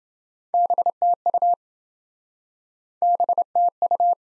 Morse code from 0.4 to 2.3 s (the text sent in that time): BTU